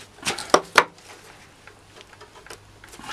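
A metal cutter blade is pressed onto the locating pins of the cutter head of a Dewalt DW733 thickness planer during service, a fit expected to be tight. Two sharp metallic knocks at 0.5 s and 0.8 s are the blade going home, followed by faint scattered taps. The blade is confirmed seated because it cannot be pulled off.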